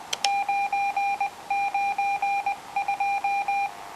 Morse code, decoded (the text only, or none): 992